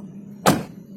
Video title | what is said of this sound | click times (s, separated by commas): SOLUSI PINTU TERKUNCI -- PINTU GA BISA DI TUTUP -- GA BISA DIBUKA DARI DALAN @gempurabis9242 | di belakang aja bunyi plak itu maka otomatis sudah terkunci ini | 0.5 s